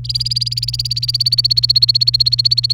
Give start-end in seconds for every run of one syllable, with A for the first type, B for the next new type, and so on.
0.04-2.73 A